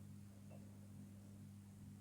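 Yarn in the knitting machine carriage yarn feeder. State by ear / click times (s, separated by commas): not seated / none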